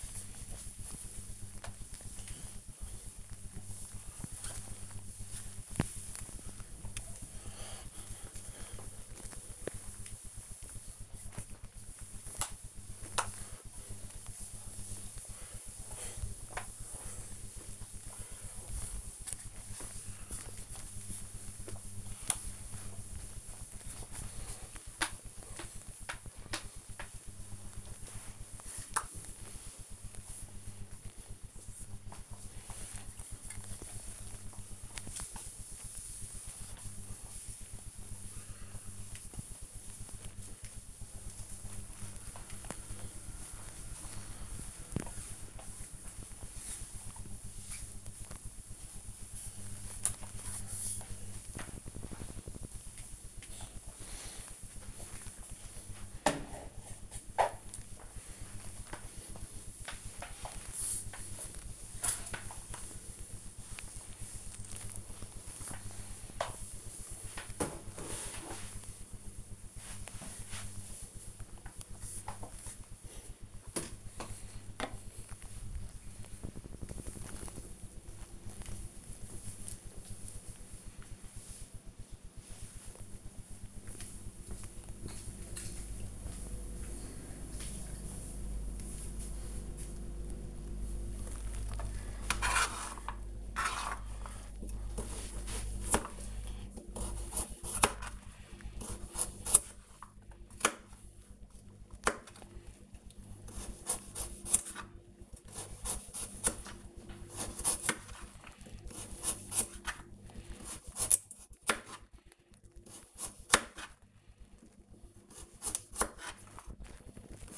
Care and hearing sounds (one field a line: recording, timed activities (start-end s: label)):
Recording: household activities, microphone on the right wrist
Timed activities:
0.00-72.97 s: floor cleaning
91.02-117.58 s: cutting vegetables